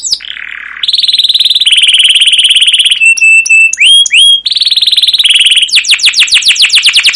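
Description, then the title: Canary song: buzzy rasp, then long shimmering high trills, a few sharp metallic notes, another trill, and finally fast repeated down-sweeping chirps. Canary song used as a lure (pancingan) to train other canaries; described as long, continuous rolling song (gacor panjang, ngerol) with 'cuit cuit' notes. "CUIT CUIT NGEROL LANGSUNG GACOR PANJANG Kenari Pancingan KENAR. Masteran Suara Burung Kenari Gacor Panjang cuit cuit Ngerol untuk Pancingan Kenari!"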